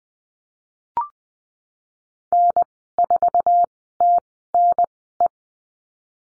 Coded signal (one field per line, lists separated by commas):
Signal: Morse code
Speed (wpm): 20 wpm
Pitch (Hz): 700 Hz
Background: none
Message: N4TNE